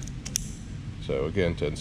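On a 2021.5–2024 Ford Ranger fitted with a J&L Oil Separator Co. 3037D separator, the locking tab on the plastic PCV/oil separator hose quick-connect fitting is pulled up and its thumbnail portion pressed, releasing the fitting off its port nipple. A few faint ticks lead to a sharp plastic click at 0.4 s, then someone talks. The fitting comes off, released.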